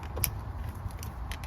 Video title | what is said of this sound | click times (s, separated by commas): Replacing a radiator in a Dodge ram 1500 ￼@Oharat62 | Listen for the click. We've got our overflow plugged in. | 0.2 s